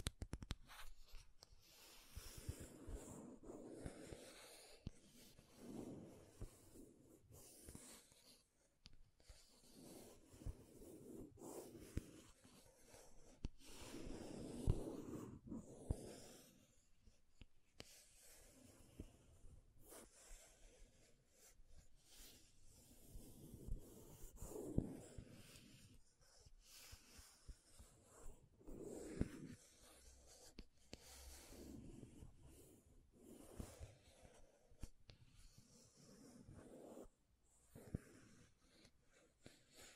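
Tapping and scratching on makeup containers, with soft brushing and rubbing strokes that swell and fade every few seconds. Sharp little taps land irregularly throughout, a louder cluster near 15 seconds and another around 25. Low muffled thumps sit underneath, with quieter gaps between bursts.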